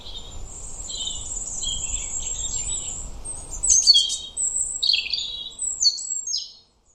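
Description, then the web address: European robin song: a stream of thin, high warbled notes, growing louder with sharp sliding notes and rapid trills before stopping abruptly. "Deverinetal 2025 File origin Bird Only Er Ru"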